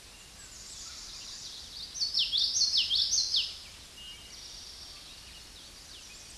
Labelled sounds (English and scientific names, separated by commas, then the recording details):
Common Yellowthroat (Geothlypis trichas) song
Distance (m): 10 m
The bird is about level with the microphone
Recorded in a Pennsylvania forest on 16 May 2024 at 08:03
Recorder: AudioMoth, point MSD-2061
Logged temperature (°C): 16.1 °C
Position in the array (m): 224 m, 181 m